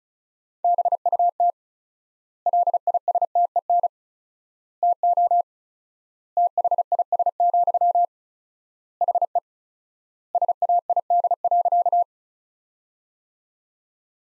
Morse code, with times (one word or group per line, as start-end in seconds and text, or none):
0.6-1.5 BUT
2.5-3.9 LISTEN
4.8-5.4 TO
6.4-8.0 THIS,
9.0-9.4 HE
10.3-12.0 SAID.